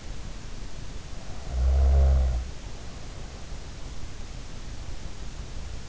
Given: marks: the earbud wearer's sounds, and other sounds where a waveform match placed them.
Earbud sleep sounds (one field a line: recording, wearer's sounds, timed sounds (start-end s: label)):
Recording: sounds in sleep by an in-ear microphone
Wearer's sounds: snoring breath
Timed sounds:
1.10-3.50 s: snoring breath